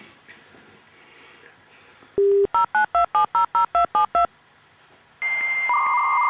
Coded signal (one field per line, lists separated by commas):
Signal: DTMF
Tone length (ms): 120 ms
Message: 092700272